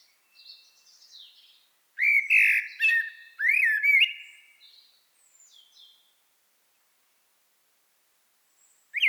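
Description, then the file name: Common blackbird singing: soft warbles, then a loud burst of low fluted phrases with twittery high notes around the middle, quiet fragments after, and a new phrase starting at the end. "Turdus merula"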